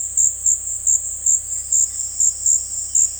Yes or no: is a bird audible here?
no